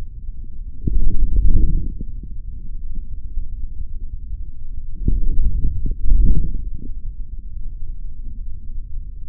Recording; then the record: forearm muscle sounds (acoustic myography)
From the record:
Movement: forearm pronation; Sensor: system 3, bracelet of six PUI Audio POM-2738L microphones around the upper forearm, with dedicated amplification and filtering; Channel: 1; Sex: male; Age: 26 years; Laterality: right